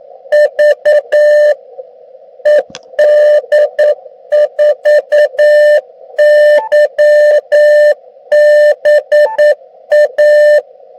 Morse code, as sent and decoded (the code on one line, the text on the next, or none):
...- / . -.. ....- -.-- -... .-
V ED4YBA